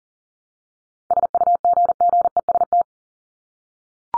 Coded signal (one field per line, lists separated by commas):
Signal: Morse code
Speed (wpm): 40 wpm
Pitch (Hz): 700 Hz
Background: none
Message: SUGGEST